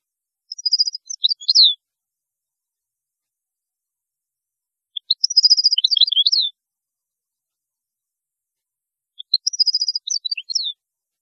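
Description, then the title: European goldfinch song: three bright twittering phrases, each opening with a rapid string of high notes and ending in a quick descending flourish, separated by pauses of about three seconds. "Chant Chardonneret"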